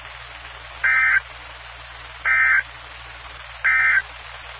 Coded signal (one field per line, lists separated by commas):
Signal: Emergency Alert System (SAME) tones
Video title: 2015-04-20 - W4BFB 145.230 MHz Charlotte Regional Skywarn Repeater